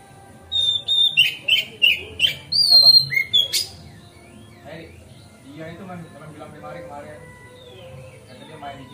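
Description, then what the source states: Magpie-robin song: a loud burst of rich whistled phrases and chirps, then quiet with faint background sounds. Masteran (training song) recorded on a terrace.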